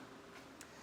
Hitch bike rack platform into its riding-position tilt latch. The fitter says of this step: And in order to get it back into its riding position, we simply need to lift up against it until it clicks.